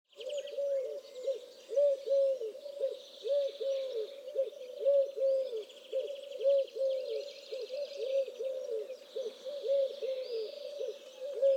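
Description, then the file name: Eurasian collared dove cooing, a steady series of soft low hoots repeated throughout, with other high sounds in the background. "touterelle turque"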